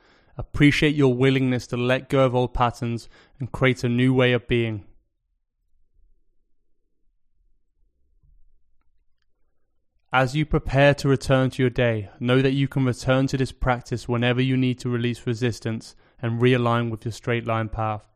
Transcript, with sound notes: Appreciate your willingness to let go of old patterns and create a new way of being. [Pause 15 seconds] As you prepare to return to your day, know that you can return to this practice whenever you need to release resistance and realign with your straight-line path.